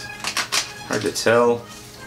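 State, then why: Not seated. A plastic blaster attachment is being handled along the top of a toy lightsaber hilt, to be screwed on until it pops into place. Someone talks throughout, with a brief sharp transient at 0.3 s. Nothing has seated or clicked yet.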